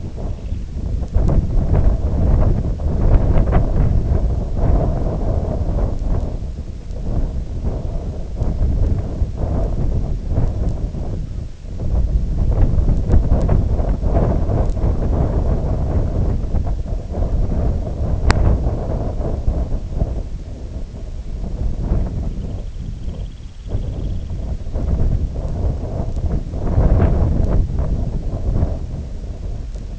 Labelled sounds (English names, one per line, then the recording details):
Semipalmated Sandpiper
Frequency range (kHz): Semipalmated Sandpiper 1.9-4.0 kHz
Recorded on Arctic tundra, site IGLO-D, on 18 June 2018
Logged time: 04:00